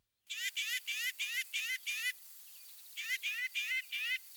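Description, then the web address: Northern mockingbird mimicking: a quick series of burry, rasping notes, about three per second, with a short pause before the same notes repeat. Mimicry in the song of the Northern mockingbird, from a birding-by-ear guide to eastern and central North America. "Birding by Ear, Eastern and Central North America - Peterson Guides 2009 Mimics Northern Mockingbird"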